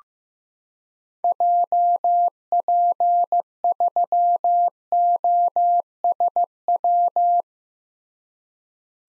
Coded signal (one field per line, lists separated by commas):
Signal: Morse code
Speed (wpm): 15 wpm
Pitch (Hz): 700 Hz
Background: none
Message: JP3OSW